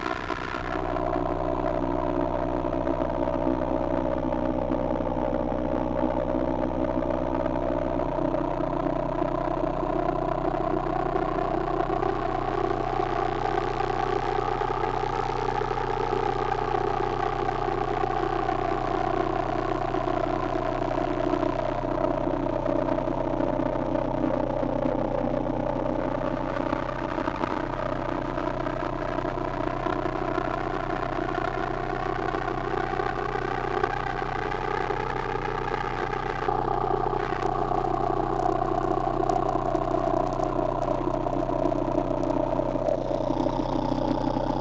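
A digital insect swarm buzzes in one unbroken, dense drone that never lets up. Its stacked tones rise and fall slowly in long waves, peaking around 15 and 35 seconds, over a steady low hum, with a few brief clicks near the end.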